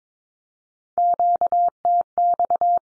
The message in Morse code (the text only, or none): QTX